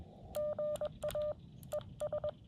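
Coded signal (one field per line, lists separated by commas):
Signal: Morse code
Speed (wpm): 20 wpm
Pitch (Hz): 600 Hz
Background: none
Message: GA ES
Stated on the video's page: Morse code park activation (POTA) at a state park using a Xiegu X6100 transceiver and an X-tenna end-fed antenna.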